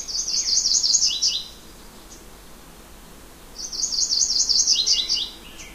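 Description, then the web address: Yellow-rumped warbler song: a high, sweet, warbled trill lasting about a second and a half, given twice about three and a half seconds apart. Common western North American species. "Know Your Bird Sounds Common Western Species. Yellow-rumped Warbler"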